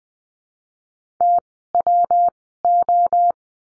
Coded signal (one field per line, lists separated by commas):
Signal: Morse code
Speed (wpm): 20 wpm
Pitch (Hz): 700 Hz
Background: none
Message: TWO